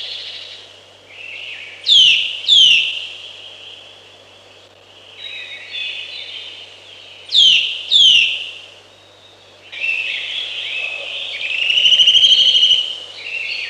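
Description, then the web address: Eurasian nuthatch calls: loud downslurred whistles given in pairs, twice, followed by a longer, softer sound near the end. "Przyroda Ptaki Kowalik"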